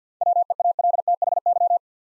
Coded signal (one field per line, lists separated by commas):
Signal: Morse code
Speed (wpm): 52 wpm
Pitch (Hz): 700 Hz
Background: none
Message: WEALTHY